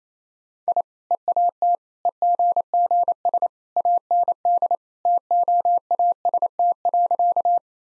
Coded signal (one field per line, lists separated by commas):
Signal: Morse code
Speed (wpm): 28 wpm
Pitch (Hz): 700 Hz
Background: none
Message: I EAT EGGS AND TOAST.